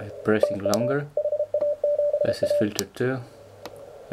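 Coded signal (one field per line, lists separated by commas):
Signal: Morse code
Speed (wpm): 32 wpm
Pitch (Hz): 590 Hz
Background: speech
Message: TU HA7A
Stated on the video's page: Elecraft K1, a five-watt two-band HF CW transceiver kit.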